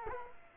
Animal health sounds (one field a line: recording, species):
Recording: mosquito wingbeat signal from an infrared sensor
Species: Culex quinquefasciatus